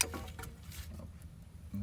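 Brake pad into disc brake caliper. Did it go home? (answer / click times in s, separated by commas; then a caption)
yes / 0.0 s. A new metal-backed brake pad is pressed by hand into the caliper of a 2005 Lincoln Town Car's front disc brake, snapping in with a sharp click at 0.0 s. A low, steady rumble and a few faint taps follow. The pad is seated, with that end sitting correctly in the caliper.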